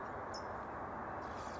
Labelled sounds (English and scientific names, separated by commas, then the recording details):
California Towhee (Melozone crissalis)
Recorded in Sonoma County, California